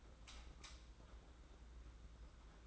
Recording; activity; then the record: daily activity, microphone in the room; light on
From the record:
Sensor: 3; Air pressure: 991.9 hPa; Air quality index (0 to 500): 223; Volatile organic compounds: 1000 ppm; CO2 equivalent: 7636 ppm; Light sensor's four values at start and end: 16/39/15/14 and 24/65/27/23